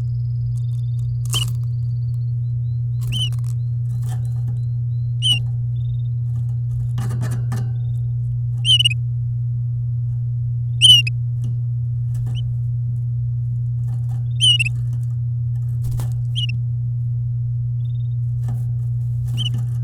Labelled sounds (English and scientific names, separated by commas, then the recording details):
Domestic Canary (Serinus canaria) song
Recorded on 10 May 2018 at 09:38
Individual llb16